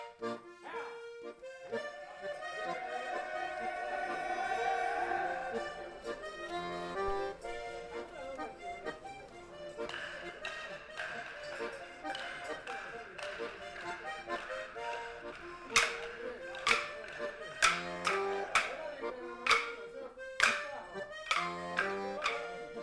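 A field recording from the Basque Country, opening on a dense, steady layer of held tones and murmuring voices that swells around five seconds. From about fifteen seconds, sharp bright taps or knocks cut in roughly once a second over the continuing hum.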